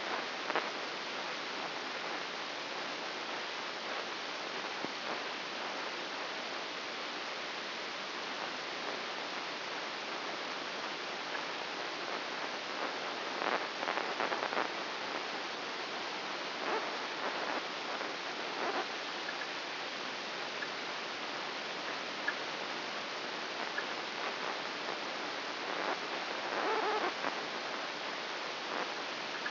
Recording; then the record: brain microelectrode recording played as sound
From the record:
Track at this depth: inside the subthalamic nucleus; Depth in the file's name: 3.402 mm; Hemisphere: right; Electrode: 2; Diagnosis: Parkinson's disease